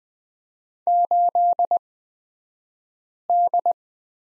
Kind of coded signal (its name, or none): Morse code